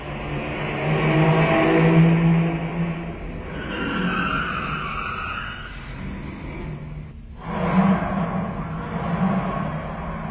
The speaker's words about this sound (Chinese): 汽车又开走了，大家松了一口气。